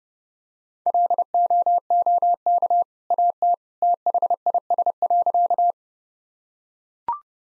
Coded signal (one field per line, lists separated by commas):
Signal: Morse code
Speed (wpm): 30 wpm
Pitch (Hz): 700 Hz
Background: none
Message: LOOK AT THIS.